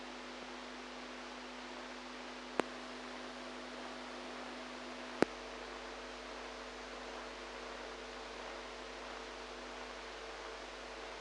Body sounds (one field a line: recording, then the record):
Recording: brain microelectrode recording played as sound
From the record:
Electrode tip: outside the subthalamic nucleus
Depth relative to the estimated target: 2 mm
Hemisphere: right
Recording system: NeuroSet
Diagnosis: Parkinson's disease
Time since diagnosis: 8 years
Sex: female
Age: 45 years